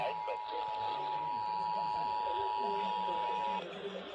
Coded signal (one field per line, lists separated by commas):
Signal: Emergency Alert System (SAME) tones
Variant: 853 and 960 Hz attention tone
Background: speech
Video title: National Periodic Test EAS#289-295